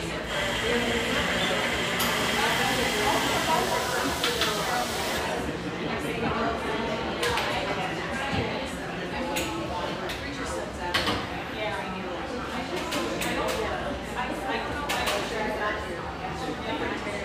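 Steady murmur of many voices talking at once in a mellow, exposed-brick spot frequented by railyard staff. Clinks and knocks of dishes and utensils pop up throughout, and a bright hiss runs for the first five seconds before dropping away.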